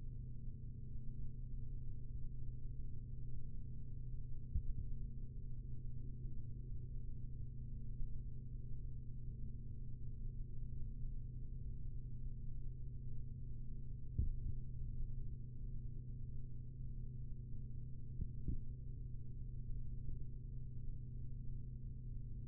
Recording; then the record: forearm muscle sounds (acoustic myography)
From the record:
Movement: rest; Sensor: system 3, bracelet of six PUI Audio POM-2738L microphones around the upper forearm, with dedicated amplification and filtering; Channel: 1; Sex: male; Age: 43 years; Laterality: right